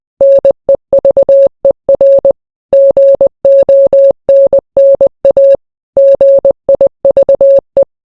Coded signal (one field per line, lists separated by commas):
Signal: Morse code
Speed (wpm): 20 wpm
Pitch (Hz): 550 Hz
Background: none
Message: NEVER GONNA GIVE